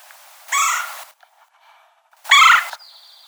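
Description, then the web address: Red-bellied woodpecker giving two harsh, rolling kwirr calls, each under a second long, with a faint high steady tone at the end. Recorded 4 January 2007. "Red-bellied Woodpecker 2007 01 04"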